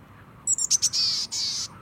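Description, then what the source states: Boreal Chickadee call: a few quick high scratchy notes followed by two drawn-out, husky buzzy notes. Songbird of boreal spruce and fir forest at the edge of the Arctic, staying year-round through winter.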